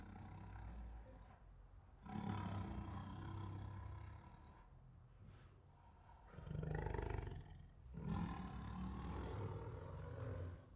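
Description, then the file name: Siberian tiger growling: deep, rumbling snarls in three long bursts, around two, six and eight seconds. Several Siberian tigers making angry growls, roars and snarls. "Sound Ideas. Siberian Tigers Make Angry Growls, Roars and Snarls"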